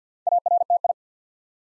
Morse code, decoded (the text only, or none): ARTI